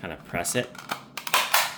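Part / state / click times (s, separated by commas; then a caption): plastic cover onto auto-dimming rearview mirror housing / seated / 1.2 s, 1.3 s, 1.5 s. Someone talks while slipping the plastic cover back onto the auto-dimming rearview mirror housing of a 2015-2020 Acura TLX and pressing it into place. Sharp snaps are heard at 1.2, 1.3, 1.3 and 1.5 seconds as the cover's clips engage, and the cover is seated.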